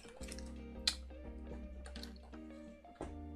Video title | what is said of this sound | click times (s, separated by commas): Voron V2.4r2 LDOmotors kit Livestream build- PART 5 | there's two sides i wanted to make i i'm pretty sure i printed the right one and judging by the very satisfying click i did print the right one | 0.9 s